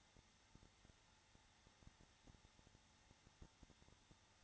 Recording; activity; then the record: daily activity, microphone in the room; no activity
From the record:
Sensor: 3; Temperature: 21.3 degrees Celsius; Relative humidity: 33.3%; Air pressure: 994.5 hPa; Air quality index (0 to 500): 167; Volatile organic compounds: 3 ppm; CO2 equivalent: 1453 ppm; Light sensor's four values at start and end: 2/3/2/2 and 2/3/2/2